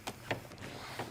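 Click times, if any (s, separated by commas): 0.3 s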